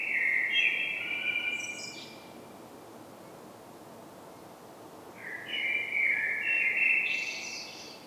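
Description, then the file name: Common blackbird singing two phrases about five seconds apart, each a rich fluted warble closing in a squeaky high flourish, with quiet hiss between them. "Turdus merula"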